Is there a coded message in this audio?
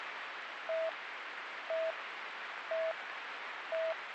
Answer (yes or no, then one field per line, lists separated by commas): no